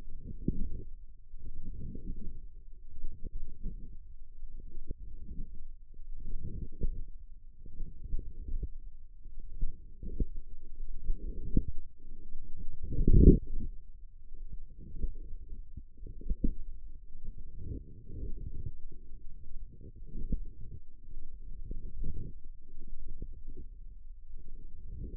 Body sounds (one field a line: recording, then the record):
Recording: forearm muscle sounds (acoustic myography)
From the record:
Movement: wrist flexion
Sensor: system 1, eight BSWA MPA416 microphones around the upper forearm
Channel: 6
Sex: female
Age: 20 years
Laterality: right